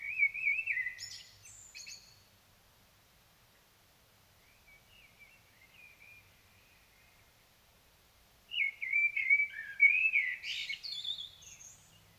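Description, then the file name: Common blackbird delivering a warbled phrase with a high twitter, a quiet pause with faint song, then another loud fluty phrase ending in squeaky notes. "Turdus merula"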